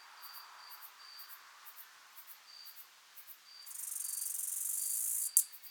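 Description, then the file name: Acrometopa servillea bush-cricket song: a harsh, very high buzz lasting almost two seconds that closes with a sharp tick, after quiet pulsed chirping and an on-off thin whine. Subspecies italica, recorded at Alberobello, Puglia, Italy, on 9 July 2000 at 20 °C. "Acrometopa servillea italica 1 Alberobello Puglia IT 20000709 20 °C Odé"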